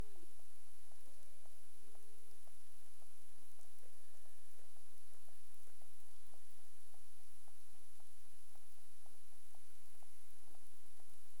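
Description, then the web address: Cetacean clicks come as fairly regular sharp pulses, about two or three a second, with a few short flat and bending whistles in between, all over a steady hiss. Recorded in Bermuda on 22 April 2021 at 23:47 UTC; clicks. "CARIMAM. BERMUDE 20212204 23 h 47 clic"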